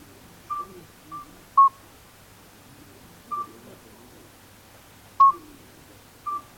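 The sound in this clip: Midwife toad giving short, clear piping notes, single high beeps spaced irregularly over several seconds, with soft background noise.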